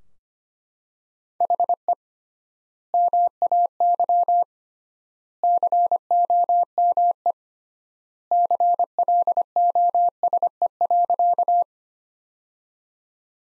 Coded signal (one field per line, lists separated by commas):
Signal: Morse code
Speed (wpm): 25 wpm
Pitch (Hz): 700 Hz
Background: none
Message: HE MAY COME CLOSE.